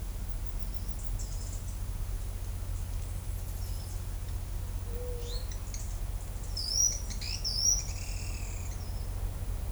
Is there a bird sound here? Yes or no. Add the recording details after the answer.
yes. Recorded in shrubland near Pivijay, Magdalena, Colombia, on 1 June 2023 at 12:30. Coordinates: 10.453, -74.365. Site P5-G022